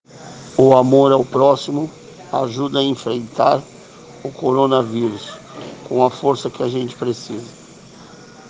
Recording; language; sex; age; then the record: spoken sentence; Brazilian Portuguese; male; 50 to 59 years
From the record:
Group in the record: respiratory insufficiency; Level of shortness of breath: 5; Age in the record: 51 years